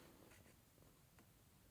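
Wooden pin E14 is handled at the back of the side assembly of a ROKR wooden mechanical typewriter model, about to be pushed straight into the side panel. Quiet rustling and low handling noise are heard, with one brief sharp sound near 1.2 s. Nothing has seated or clicked in yet.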